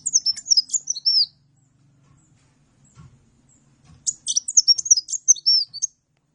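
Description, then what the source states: Oriental magpie-robin song: two rich bursts of rapid whistles and harsh notes, with a long quiet gap between them and faint low rumbles during it. Champion magpie-robin singing lively and continuously; used to tutor caged songbirds (masteran).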